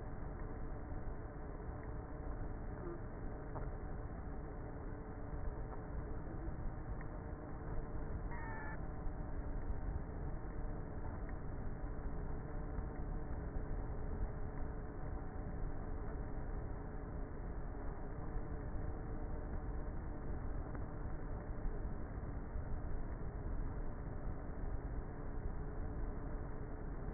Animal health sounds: honeybee colony, microphone inside the hive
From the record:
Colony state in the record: queenless with a low population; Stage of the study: before two queens were removed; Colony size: about 30,000 bees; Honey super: no

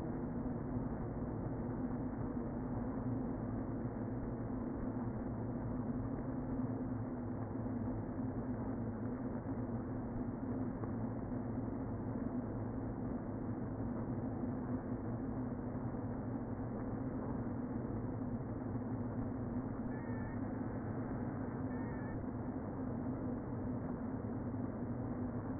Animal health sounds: honeybee colony, microphone inside the hive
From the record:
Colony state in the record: queen present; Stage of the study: before two queens were removed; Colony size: about 60,000 bees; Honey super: yes

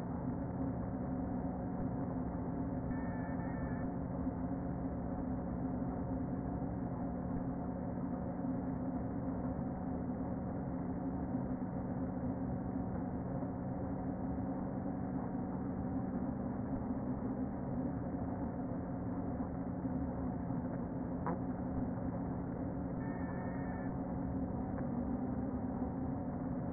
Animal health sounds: honeybee colony, microphone inside the hive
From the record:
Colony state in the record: queen present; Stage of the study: before two queens were removed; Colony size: about 60,000 bees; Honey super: yes

